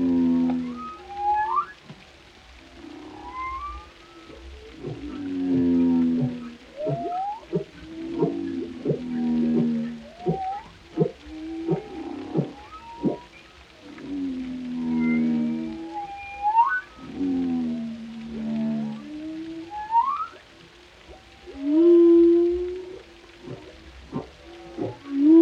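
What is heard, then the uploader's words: Whales call one after another in a continuous stream of low moans, groans and rising whoops, with short upward sweeps cutting through. The calls come every second or two, some long and tonal, others clipped grunts, over a faint steady hiss. Different whale species as they contribute their unique sounds to the vast oceanic symphony.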